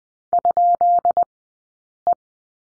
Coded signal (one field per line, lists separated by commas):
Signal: Morse code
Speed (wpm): 20 wpm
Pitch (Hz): 700 Hz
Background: none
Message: ?E